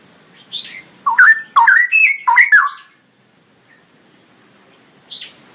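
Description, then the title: Straw-headed bulbul song: loud, rich gurgling whistled phrases sliding between low and high notes in a burst, then a pause and one more short note. Male, singing loudly with long rolling phrases; used as master recording for training songbirds. "GILEEE Cucak ROWO Jantan GACOR Suara Lantang ROoo EL Panjang"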